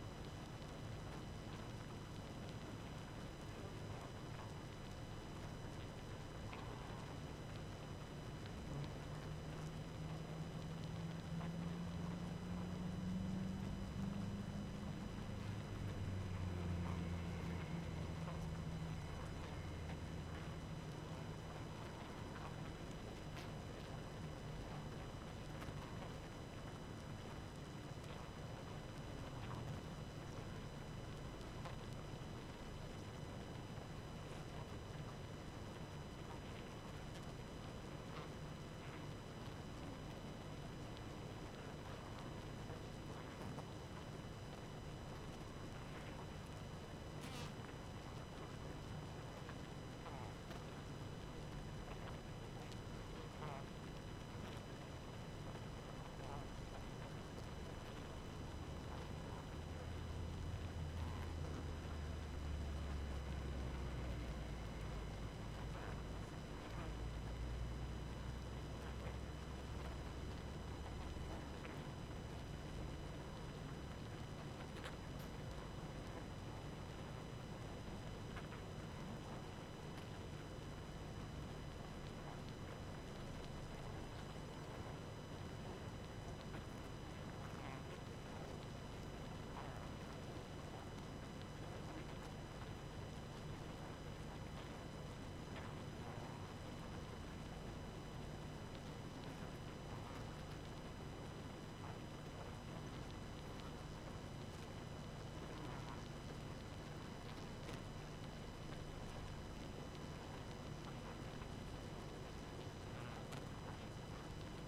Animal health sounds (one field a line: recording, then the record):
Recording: honeybee colony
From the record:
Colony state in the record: active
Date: 12 June 2018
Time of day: 23:26